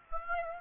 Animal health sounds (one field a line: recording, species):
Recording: mosquito wingbeat signal from an infrared sensor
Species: Aedes aegypti